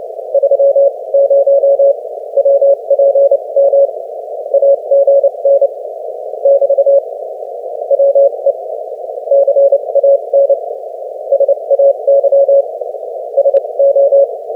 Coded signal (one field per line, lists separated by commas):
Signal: Morse code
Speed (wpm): 29 wpm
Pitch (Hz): 560 Hz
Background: none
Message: 30 WPM AGN <BT> WE CAN SAY SO